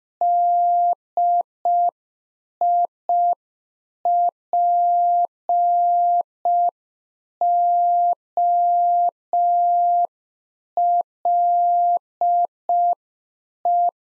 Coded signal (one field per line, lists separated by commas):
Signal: Morse code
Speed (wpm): 5 wpm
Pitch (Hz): 700 Hz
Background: none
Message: DIPOLE